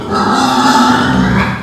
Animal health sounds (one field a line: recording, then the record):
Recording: squeal of a Yucatan mini pig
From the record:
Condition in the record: after surgery on the right vocal fold (resection and tissue-engineered implant)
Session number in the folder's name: 13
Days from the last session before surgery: 113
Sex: female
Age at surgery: 19 weeks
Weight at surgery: 25 kg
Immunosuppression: prednisolone